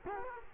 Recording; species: mosquito wingbeat signal from an infrared sensor; Culex quinquefasciatus